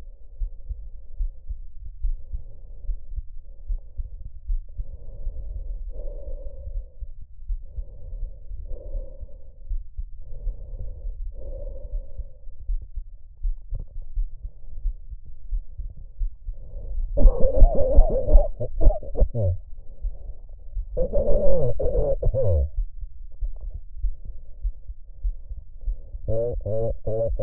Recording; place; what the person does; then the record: lung sounds by stethoscope; trachea; quiet breathing, then cough and speech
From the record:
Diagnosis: none (healthy); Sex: male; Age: 45 years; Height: 173 cm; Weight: 92 kg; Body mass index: 30.7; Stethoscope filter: extended mode